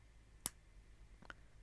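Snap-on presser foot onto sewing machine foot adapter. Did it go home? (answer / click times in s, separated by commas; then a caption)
yes / 0.5 s. A snap-on sewing machine presser foot is pressed onto the foot adapter (shank) and snaps into place with a sharp, loud click at 0.5 s. Two fainter ticks follow at about 1.2 and 1.3 s. The foot is seated and held securely.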